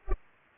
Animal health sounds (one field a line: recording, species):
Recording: mosquito wingbeat signal from an infrared sensor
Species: Culex pipiens